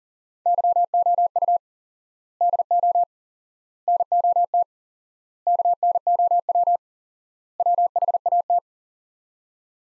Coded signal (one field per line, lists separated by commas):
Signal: Morse code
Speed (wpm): 37 wpm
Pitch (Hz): 700 Hz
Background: none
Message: YOU DO NOT KNOW WHAT